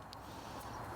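A relay or plastic connector is pushed into its socket in the wiring of a Vespa GTS 250 scooter, and it only fits one way. A single short, sharp click at 0.1 s shows it seating, over a steady low background hum. The part is seated in place.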